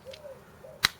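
A pellet is loaded at the top centre of a Sig Sauer M17 pellet magazine, and the magazine's plastic cover snaps closed with a sharp, bright click at 0.8 s. Before that there are only faint small sounds, including a brief tick near 0.1 s. The cover is seated closed on the magazine.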